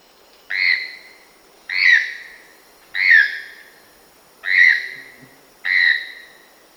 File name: Choco Toucan